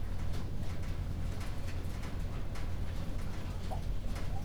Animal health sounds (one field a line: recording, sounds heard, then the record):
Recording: poultry house recording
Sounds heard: healthy chickens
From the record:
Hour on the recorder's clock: 21